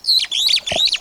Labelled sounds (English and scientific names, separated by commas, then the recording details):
Superb Starling (Lamprotornis superbus) flight call
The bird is a female
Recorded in Kenya on 27 April 2009 at 07:49
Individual 36, of group DRT2